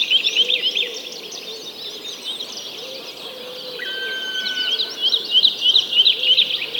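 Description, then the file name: Many birds singing together, a dense chorus of high chirps and trills with a few longer clear whistled notes standing out midway. "Digiffects Sound Effects Library - Many Birds Singing"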